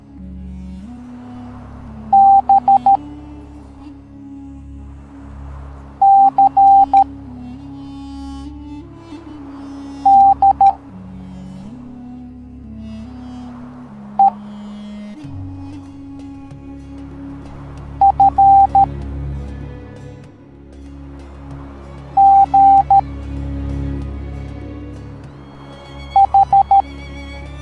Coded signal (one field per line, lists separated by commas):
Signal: Morse code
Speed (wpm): 13 wpm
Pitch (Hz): 790 Hz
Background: music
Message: B C D E F G H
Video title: Kaonashi (No Face) Teaching the Morse Code Alphabet Educational Video for Kids